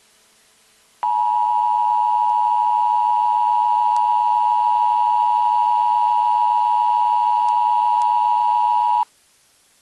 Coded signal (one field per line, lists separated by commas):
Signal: Emergency Alert System (SAME) tones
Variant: 853 and 960 Hz attention tone